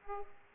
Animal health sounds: mosquito wingbeat signal from an infrared sensor; Aedes aegypti

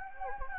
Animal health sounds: mosquito wingbeat signal from an infrared sensor; Anopheles gambiae

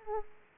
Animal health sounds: mosquito wingbeat signal from an infrared sensor; Aedes aegypti

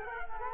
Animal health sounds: mosquito wingbeat signal from an infrared sensor; Culex quinquefasciatus

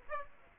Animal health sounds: mosquito wingbeat signal from an infrared sensor; Aedes aegypti

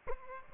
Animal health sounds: mosquito wingbeat signal from an infrared sensor; Aedes aegypti

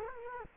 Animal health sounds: mosquito wingbeat signal from an infrared sensor; Culex quinquefasciatus

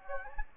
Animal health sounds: mosquito wingbeat signal from an infrared sensor; Anopheles gambiae

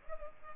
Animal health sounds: mosquito wingbeat signal from an infrared sensor; Culex pipiens

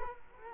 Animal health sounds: mosquito wingbeat signal from an infrared sensor; Culex quinquefasciatus

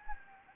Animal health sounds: mosquito wingbeat signal from an infrared sensor; Anopheles gambiae

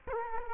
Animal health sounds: mosquito wingbeat signal from an infrared sensor; Culex quinquefasciatus

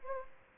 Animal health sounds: mosquito wingbeat signal from an infrared sensor; Aedes albopictus

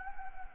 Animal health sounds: mosquito wingbeat signal from an infrared sensor; Anopheles gambiae

